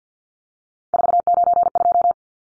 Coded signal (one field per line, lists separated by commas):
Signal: Morse code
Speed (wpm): 50 wpm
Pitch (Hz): 700 Hz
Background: none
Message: 492